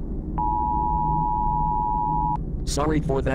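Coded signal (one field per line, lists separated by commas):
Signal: Emergency Alert System (SAME) tones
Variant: 853 and 960 Hz attention tone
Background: speech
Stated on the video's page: Mock EAS broadcast, fictional.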